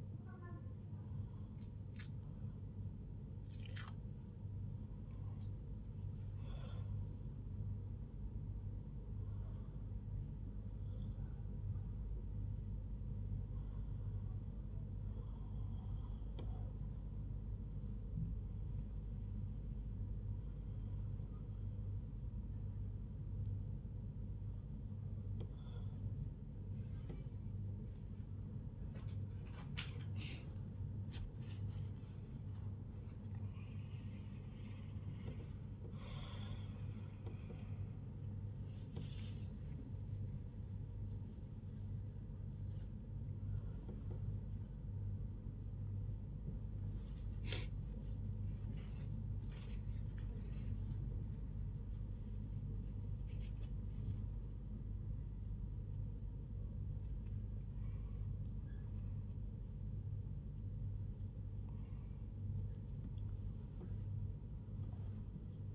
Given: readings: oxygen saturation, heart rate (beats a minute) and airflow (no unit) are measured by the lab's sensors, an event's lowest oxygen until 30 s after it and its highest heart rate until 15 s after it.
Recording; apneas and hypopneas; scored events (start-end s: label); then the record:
a person awake in a sleep study, by a smartphone at the bedside; none
none scored
From the record:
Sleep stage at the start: awake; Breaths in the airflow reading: 17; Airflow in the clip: -0.7 to 0.7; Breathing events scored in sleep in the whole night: 158 in 7.3 hours asleep